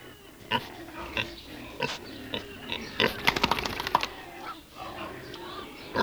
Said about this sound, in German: Wenn der Bauer hereinkommt, ist im Schweinestall was los. Doch seit letzter Woche hat der Bauer eine Grippe. Mehrere Viecher haben sich schon angesteckt.